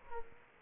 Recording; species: mosquito wingbeat signal from an infrared sensor; Aedes aegypti